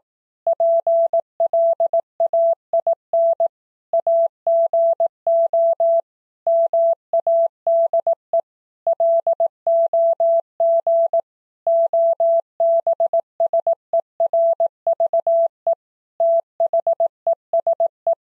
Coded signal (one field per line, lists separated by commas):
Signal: Morse code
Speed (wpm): 18 wpm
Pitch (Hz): 670 Hz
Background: none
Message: PLAIN AGO MADE LOG OBSERVE THESE